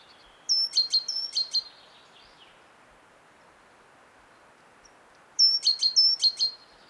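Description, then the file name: Great tit giving two short bursts of repeated high, sharp two-note phrases, separated by several quiet seconds. "Parus major"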